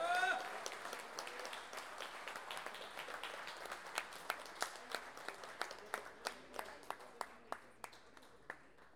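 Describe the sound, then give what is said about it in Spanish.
An audience applauds the payadores (improvising folk singers) with dense, crackling clapping that gradually thins out into fewer, sharper individual claps as it fades toward the end. “Vamos con ese aplauso para los payadores.”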